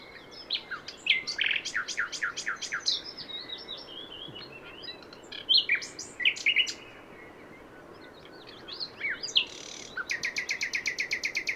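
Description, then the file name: Common nightingale song of varied chirps and sharp notes, short pauses, then a long run of rapid, evenly repeated pulses at the end. "Luscinia megarhynchos"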